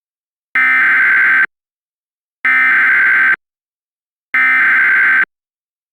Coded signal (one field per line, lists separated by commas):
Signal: Emergency Alert System (SAME) tones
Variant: header bursts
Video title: EAS Partial Reenactment Mock: This happened while WXK26 Out of Service - 08/15/2022